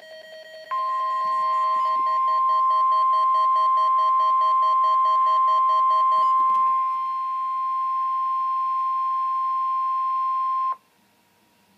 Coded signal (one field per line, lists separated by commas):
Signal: Emergency Alert System (SAME) tones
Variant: 1050 Hz attention tone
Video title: EAS #7: Required Weekly Test - June 12, 2013